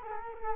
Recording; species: mosquito wingbeat signal from an infrared sensor; Culex quinquefasciatus